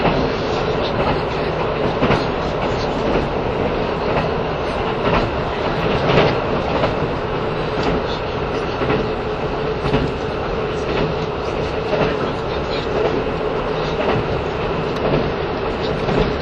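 A KiHa 85 series train, the Hida No. 1, runs with a steady, dense rumble and roar that holds level throughout. Faint rhythmic clicks and knocks from the rails recur every second or so, with a slightly brighter burst around six seconds.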